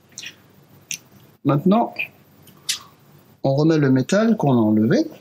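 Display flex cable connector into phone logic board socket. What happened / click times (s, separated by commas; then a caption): The flex connector clicked home / 0.9 s. A display flex cable connector on an iPhone 6 screen is pressed into its socket on the phone's logic board during reassembly. A short, sharp snap at 0.9 s marks the connector clicking into place. Other faint handling noises follow, and then someone talks.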